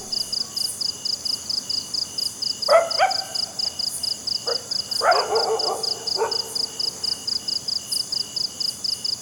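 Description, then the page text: Cricket chirping in fast, steady high-pitched pulses throughout, with another animal's short calls breaking in twice around the middle. Crickets at night in a jungle. "Crickets Night Jungle TonwagenSfxLab"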